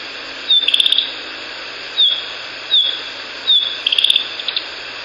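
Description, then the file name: Narcissus flycatcher giving four sharp, falling call notes, the first and last running into a dry, buzzy rattle. Call notes (ground calls), 2 May 2014. "キビタキ地鳴 140502 遠藤"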